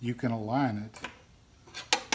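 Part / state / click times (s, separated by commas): blade guard assembly onto table saw riving knife / seated / 1.9 s, 2.1 s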